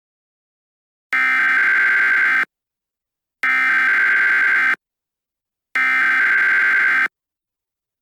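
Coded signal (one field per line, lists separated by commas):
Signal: Emergency Alert System (SAME) tones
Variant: header bursts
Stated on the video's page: Fictional Ghostbusters-themed EAS scenario, not a real alert.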